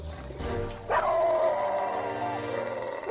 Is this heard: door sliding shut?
no